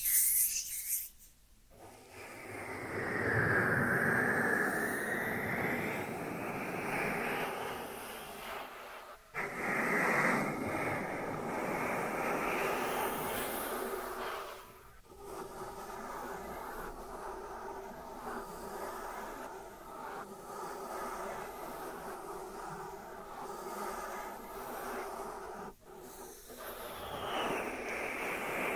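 Dry hands rub and brush against each other in a continuous, slightly rough friction sound. The rubbing comes in long strokes that swell and fade, with brief pauses near 2, 9, 15 and 26 seconds and a few sharper scrapes around 3 and 10 seconds.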